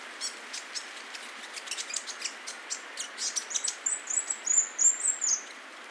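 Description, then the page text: Grey fantail with high chip notes that quicken and grow louder, ending in a squeaky twitter. "Rob van Bemmelen - Серая веерохвостка (Rhipidura fuliginosa)"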